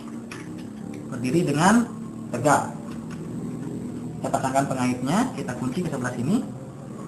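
A plastic retention clip of a CPU cooler is fitted to the motherboard and locked to one side while someone talks. Small ticks and handling sounds are heard under the speech, and nothing has seated or clicked yet by the end of the clip.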